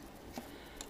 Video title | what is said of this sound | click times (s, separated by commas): Transformers Generation: Darkmount (Straxus) | comme ça se clipse assez bien. | 0.8 s